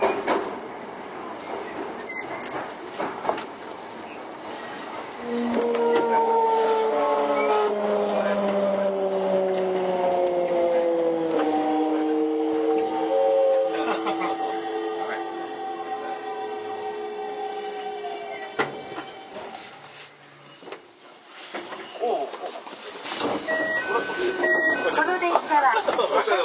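Inside a Toei 5300 series subway train, a motor whine glides through shifting tones mid-clip over steady rumble, with occasional clicks and voices.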